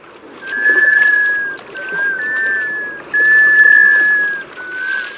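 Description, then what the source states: Black scoter calls, a series of plaintive drawn-out whistles at a fairly steady pitch, with short gaps between them. Male; plaintive whistle.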